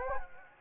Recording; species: mosquito wingbeat signal from an infrared sensor; Anopheles gambiae